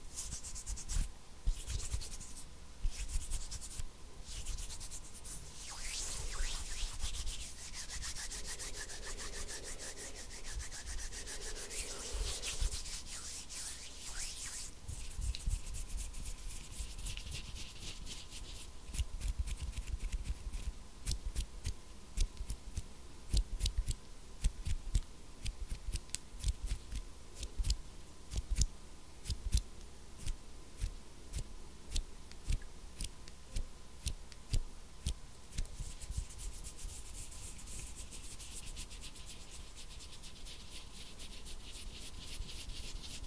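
Intense hand sounds: dense rubbing and scratching with rapid crackly taps throughout, a faint steady tone underneath, and brief brighter swishes around ten seconds.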